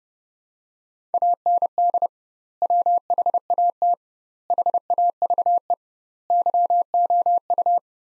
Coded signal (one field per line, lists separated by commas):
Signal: Morse code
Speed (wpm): 32 wpm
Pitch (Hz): 700 Hz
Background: none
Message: AND WHAT HAVE YOU